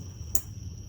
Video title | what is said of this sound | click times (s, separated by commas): Primary Timing Chain and Water Pump Replacement 07 Ford Edge 3.5L Part 2 | and slide it up till it clicks | 0.3 s